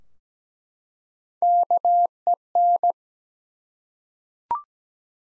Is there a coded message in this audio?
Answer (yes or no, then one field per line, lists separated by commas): yes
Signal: Morse code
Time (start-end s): 1.4-2.9 s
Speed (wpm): 17 wpm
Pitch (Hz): 700 Hz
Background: none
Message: KEN